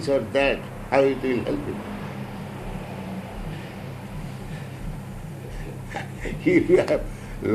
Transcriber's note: laughs